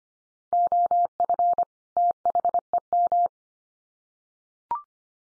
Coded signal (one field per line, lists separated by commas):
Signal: Morse code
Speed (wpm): 25 wpm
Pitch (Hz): 700 Hz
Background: none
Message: OF THEM